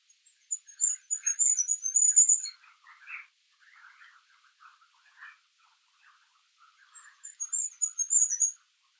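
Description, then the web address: Bird twittering high and thin at the start and end, with a lower, softer burst of scratchy chattering notes in between. "Bird Only"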